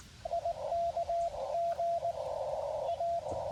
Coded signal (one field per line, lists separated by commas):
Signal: Morse code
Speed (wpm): 21 wpm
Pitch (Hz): 680 Hz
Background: radio noise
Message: IKG A